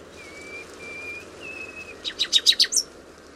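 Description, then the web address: Bird calls: three level whistled notes, then a fast run of sharp high chirps, over faint steady background hiss. "Bird Only"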